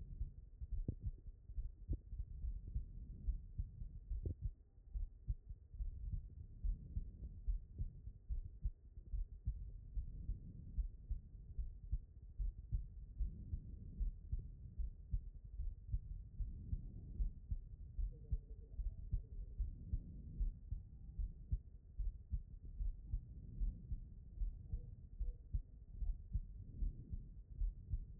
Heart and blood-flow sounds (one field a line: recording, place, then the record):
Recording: heart sounds by stethoscope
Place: pulmonary valve (PV)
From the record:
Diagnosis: non-HFrEF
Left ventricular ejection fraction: 69%